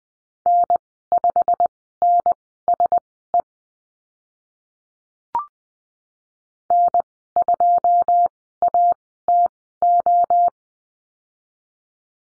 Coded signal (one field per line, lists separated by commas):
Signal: Morse code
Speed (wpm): 20 wpm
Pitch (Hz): 700 Hz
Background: none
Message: N5NSE N2ATO